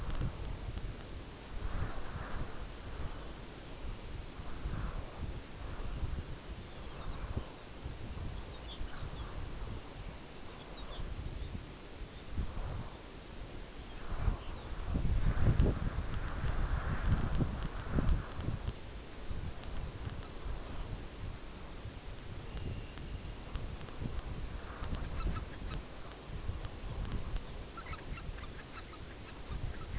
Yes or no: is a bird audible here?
yes